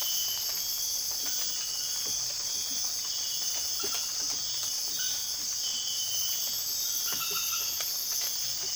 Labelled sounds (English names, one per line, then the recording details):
none
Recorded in dense forest near Puerto Asís, Putumayo, Colombia, on 9 March 2025 at 04:30
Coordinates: 0.481, -76.323
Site G088